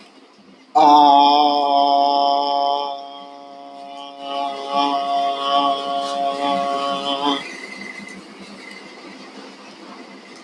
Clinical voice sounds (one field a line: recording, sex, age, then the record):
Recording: vowel held as long as possible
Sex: male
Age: 20 to 29 years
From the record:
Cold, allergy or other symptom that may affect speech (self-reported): no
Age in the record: 28 years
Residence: Texas, United States